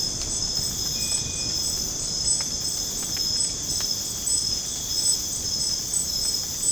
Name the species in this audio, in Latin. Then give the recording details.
none. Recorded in dense forest near Puerto Asís, Putumayo, Colombia, on 30 June 2025 at 00:30. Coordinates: 0.486, -76.317. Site G065